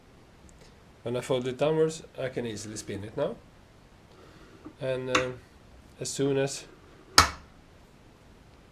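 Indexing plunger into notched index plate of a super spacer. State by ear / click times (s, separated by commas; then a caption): seated / 7.2 s. Someone talks while rotating the metal index plate of a refurbished super spacer until the tapered indexing plunger drops into a notch. A sharp metallic click is heard at 7.2 s, and the plunger is seated in the plate notch, completely locking it.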